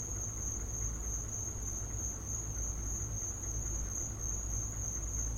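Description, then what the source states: Steady high-pitched cricket trilling runs unchanged throughout, with a dull low rumble underneath. Crickets in the recordist's back yard, captured as a home field recording.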